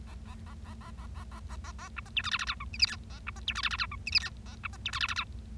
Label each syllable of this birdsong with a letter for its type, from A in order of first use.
A A A A A A A A A A A B C D E F F G H I J K A B C D E F F G H I J K A B C D E F F G